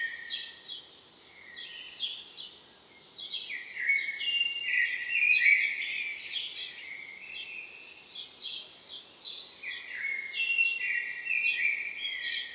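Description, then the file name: Common blackbird giving high, scratchy twittering and thin sliding notes in a series of phrases with short gaps. "Turdus merula"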